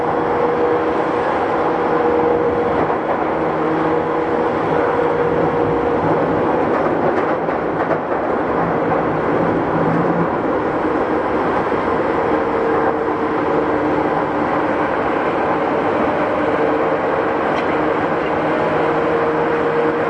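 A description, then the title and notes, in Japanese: A steady, dense rumble inside a moving commuter train, with a motor whine rising and fading at intervals and a low hum early on. 東急8500系 表参道〜あざみ野。東京メトロ→東急区間の録音です。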